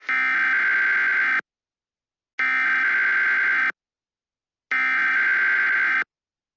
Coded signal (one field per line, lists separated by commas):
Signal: Emergency Alert System (SAME) tones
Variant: header bursts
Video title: Nuclear Attack EAS Scenario